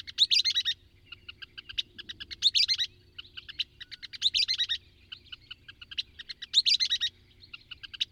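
Songbird singing loud buzzy, jumbled phrases about every two seconds, with quieter repeated chirps filling the gaps.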